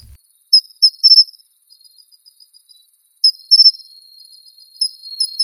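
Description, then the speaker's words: Matsumushi cricket song: bright, high chirps in short clusters, repeated after short pauses, with faint ticking between bursts. Heard in the season when many insects sing; the song is rendered as 'chinchiro chinchiro chinchirorin'. "それではここでマツムシの声を聞いてみましょう。"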